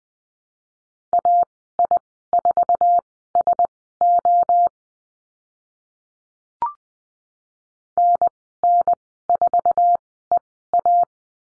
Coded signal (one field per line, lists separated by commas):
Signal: Morse code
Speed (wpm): 20 wpm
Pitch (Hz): 700 Hz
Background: none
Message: AI4SO NN4EA